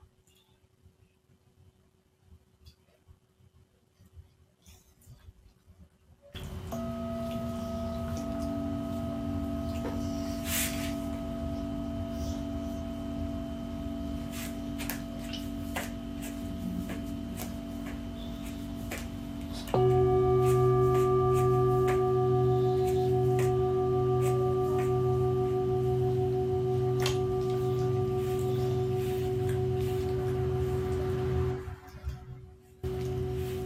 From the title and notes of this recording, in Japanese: メキシコから シンギングボウルのサウンドヒーリング ライブ。